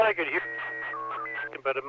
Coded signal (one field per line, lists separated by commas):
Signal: SSTV (slow-scan television)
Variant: PD 120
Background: speech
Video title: N6NA SSTV Net - 08/11/2021